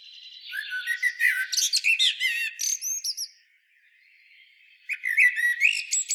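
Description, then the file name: Common blackbird song: fluty warbled notes dissolving into a rapid squeaky twitter, a short pause, then another bright twittering phrase near the end. "Turdus merula"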